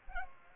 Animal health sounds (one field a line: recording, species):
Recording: mosquito wingbeat signal from an infrared sensor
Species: Culex pipiens